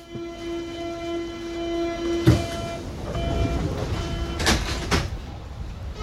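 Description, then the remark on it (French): A metro train in Berlin's Mitte district, on a grey, rainy day, hums steadily with a sustained tonal whine, broken by a sharp clunk and later a couple of hissing bursts, like doors or brakes releasing, over constant low rumble. “Nous sommes dans le quartier du Mitte, et à la sortie du métro, s'étalent des restes du mur et son mémorial.”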